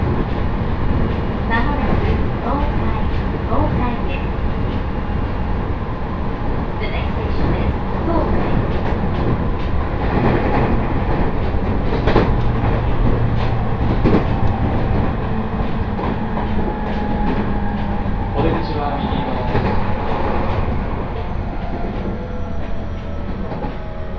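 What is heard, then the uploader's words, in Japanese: A Joban Line train ride rumbles steadily with dense low roar, scattered rail clicks and squeals, and faint voices murmuring underneath. 鉄道旅 常磐線 南中郷→勝田。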